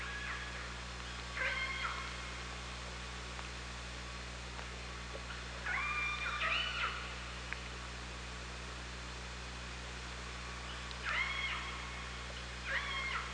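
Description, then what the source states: Orca pulsed calls, four harmonic squeals in irregular bursts, with low constant hum and hiss beneath. Recorded by OrcaLab hydrophone underwater on 24 August 2017 at 18:40:12.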